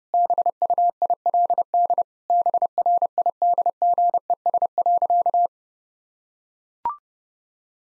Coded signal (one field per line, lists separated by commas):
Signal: Morse code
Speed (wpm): 30 wpm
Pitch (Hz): 700 Hz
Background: none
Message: BUILD BRIDGES.